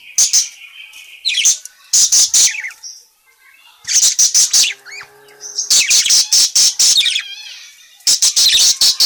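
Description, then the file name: Parakeet chatter: rapid strings of sharp, high chirps and buzzy squeaks in several bursts, with a brief quiet gap partway through. Bird calling, described as gacor (very vocal, chatty). "suara burung parkit gacor memanggil"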